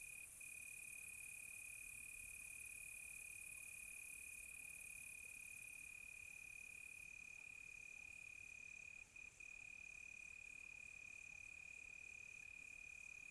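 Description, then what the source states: Cricket song as a continuous high trill with a few short breaks, over a higher insect chorus. Crickets on a quiet tropical night, recorded close.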